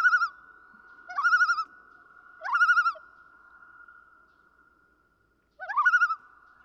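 Common loon calling: four loud quavering phrases, the last three sliding sharply upward into the wavering note, with a steady ringing tone lingering between phrases.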